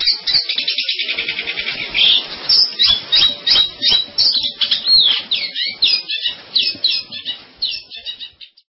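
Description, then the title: Long-tailed shrike song opening with a fast rattling trill, followed by varied scratchy squeaks and chirps that fade at the end. "Kicau Burung Pentet"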